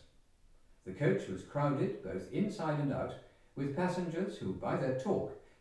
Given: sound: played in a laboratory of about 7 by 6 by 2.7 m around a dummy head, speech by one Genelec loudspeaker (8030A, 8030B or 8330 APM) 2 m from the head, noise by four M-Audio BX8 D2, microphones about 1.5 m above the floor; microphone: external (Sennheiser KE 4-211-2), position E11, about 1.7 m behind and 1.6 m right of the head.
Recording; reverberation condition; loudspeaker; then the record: male speech in English; medium; 120 degrees to the left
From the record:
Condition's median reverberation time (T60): about 510 ms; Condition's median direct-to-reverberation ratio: about -0.5 dB